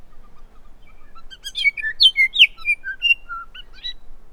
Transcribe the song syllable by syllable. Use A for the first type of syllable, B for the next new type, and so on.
A A A B C D E F G H C I A J